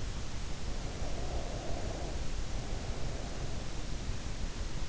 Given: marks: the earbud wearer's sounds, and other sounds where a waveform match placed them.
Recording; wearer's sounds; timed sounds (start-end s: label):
sounds in sleep by an in-ear microphone; breath
0.19-3.90 s: breath